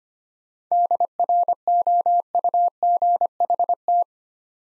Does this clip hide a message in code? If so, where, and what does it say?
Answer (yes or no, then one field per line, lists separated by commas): yes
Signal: Morse code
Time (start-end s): 0.7-4.0 s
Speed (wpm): 25 wpm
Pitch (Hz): 700 Hz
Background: none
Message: DROUGHT